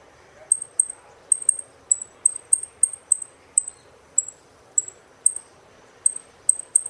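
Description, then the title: Saffron finch giving short, high, clipped chip notes, repeated irregularly about every half second, over a soft low hiss. "Jilguero Argentino"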